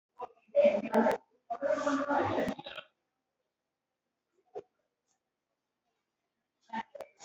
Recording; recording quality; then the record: shallow voluntary cough; poor, much background noise or distortion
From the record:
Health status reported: recovered from COVID-19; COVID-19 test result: positive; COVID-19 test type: RT-PCR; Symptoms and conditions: cough, cold, sore throat, fever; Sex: female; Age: 31 years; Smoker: no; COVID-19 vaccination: both doses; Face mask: worn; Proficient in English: yes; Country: India